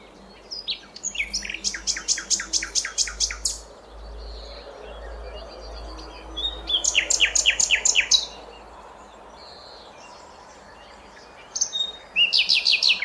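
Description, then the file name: Common nightingale singing phrases of fast, evenly repeated notes separated by pauses. "Luscinia megarhynchos"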